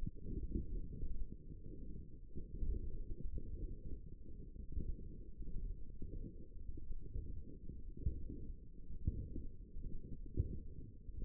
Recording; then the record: forearm muscle sounds (acoustic myography)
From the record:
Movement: wrist flexion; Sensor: system 1, eight BSWA MPA416 microphones around the upper forearm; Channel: 3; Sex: female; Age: 21 years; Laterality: right